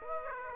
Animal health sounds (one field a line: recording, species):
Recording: mosquito wingbeat signal from an infrared sensor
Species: Aedes aegypti